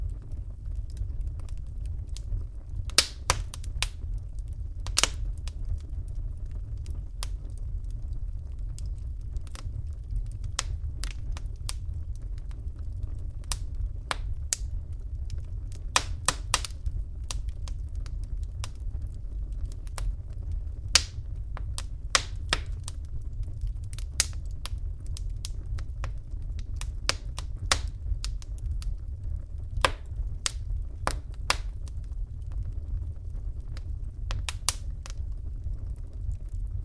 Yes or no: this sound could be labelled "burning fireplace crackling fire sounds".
yes